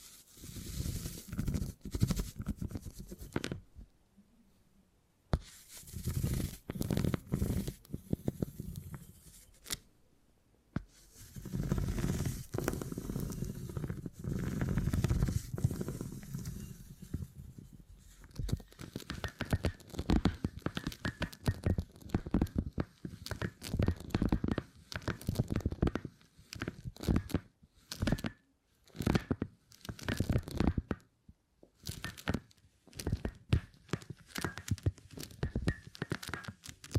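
Sticky, crackling tearing and crinkling sounds from beeswax being handled, dense and irregular, with brief silent pauses near 4, 10 and 31 seconds.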